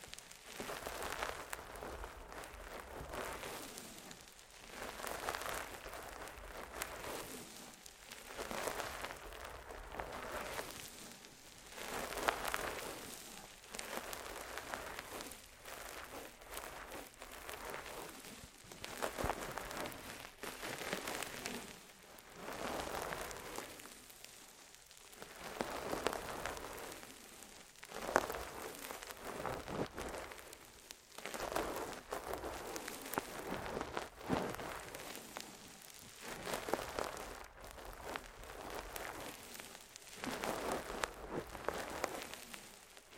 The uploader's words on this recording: ASMR Intense Ear Massage. (No Talking).